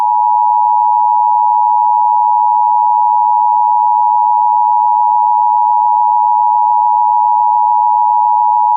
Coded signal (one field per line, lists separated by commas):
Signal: Emergency Alert System (SAME) tones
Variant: 853 and 960 Hz attention tone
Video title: EAS - Kenny Lake NWS Test (Requested)